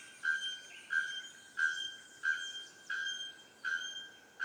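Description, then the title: Bird repeating a bright, steady whistled note about every 0.7 seconds, seven times, against a constant background hiss. Birdsong in tropical forest on Ilha Grande, Brazil; species unknown. "Oiseaux à Ilha grande"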